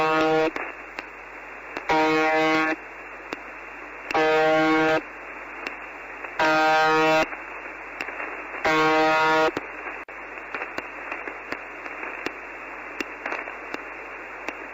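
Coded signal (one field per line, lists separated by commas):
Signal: numbers station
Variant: UVB-76 (The Buzzer)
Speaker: Okay es interesantísimo el audio que acabamos Escuchar como lo dijimos es una transmisión de esta radio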